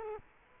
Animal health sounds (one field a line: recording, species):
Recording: mosquito wingbeat signal from an infrared sensor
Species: Culex quinquefasciatus